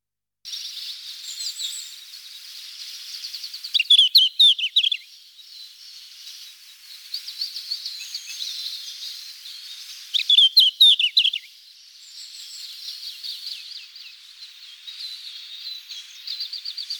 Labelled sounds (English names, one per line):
Red-flanked Bluetail song